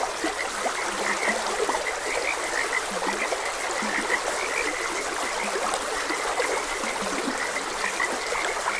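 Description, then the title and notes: Frogs croaking, several deeper croaks alongside a higher chirping chorus, with a gently flowing stream throughout. Frogs croaking beside a gentle stream. "Gentle Stream and Frogs Croaking. Sleep and Relaxation Podcast"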